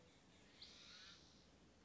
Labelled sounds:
Spotted Towhee (Pipilo maculatus)

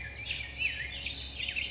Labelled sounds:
Black-headed Grosbeak (Pheucticus melanocephalus)

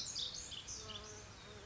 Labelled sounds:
Pacific Wren (Troglodytes pacificus)

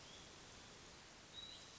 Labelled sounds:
Hermit Thrush (Catharus guttatus)

